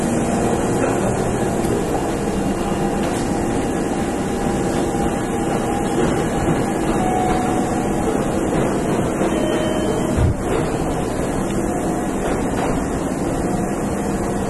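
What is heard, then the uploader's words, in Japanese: Running sound of a Kintetsu Railway 7000 series train: a steady, dense rumble with a low roar, and a faint motor whine holding a few steady pitches above it. A sharp knock or clatter stands out around ten seconds; otherwise the level stays constant throughout. 近鉄7000系(初期GTO) コスモスクエアから生駒まで。近畿日本鉄道 7000系電車の走行音。直通列車で録音しました。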